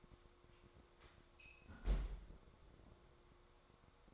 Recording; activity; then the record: daily activity, microphone in the room; close fridge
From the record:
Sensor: 3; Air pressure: 1004.6 hPa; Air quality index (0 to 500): 192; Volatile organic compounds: 13 ppm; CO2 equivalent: 2412 ppm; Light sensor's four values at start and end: 5/12/5/5 and 5/12/4/4